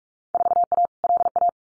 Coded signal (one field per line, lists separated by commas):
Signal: Morse code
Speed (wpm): 44 wpm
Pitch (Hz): 700 Hz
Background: none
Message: 4A LA